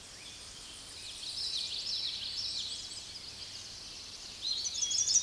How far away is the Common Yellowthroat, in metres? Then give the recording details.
about 20 m. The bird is about 5 m above the microphone. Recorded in a Pennsylvania forest on 16 May 2024 at 06:40. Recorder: AudioMoth, point MSD-0215. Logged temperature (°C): 16.1 °C. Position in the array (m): 49 m, 143 m